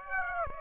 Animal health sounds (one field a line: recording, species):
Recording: mosquito wingbeat signal from an infrared sensor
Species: Aedes aegypti